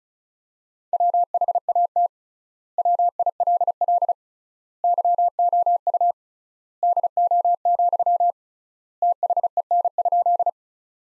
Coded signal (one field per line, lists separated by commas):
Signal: Morse code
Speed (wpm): 36 wpm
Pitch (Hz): 700 Hz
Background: none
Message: WHAT WILL YOU DO, THEN?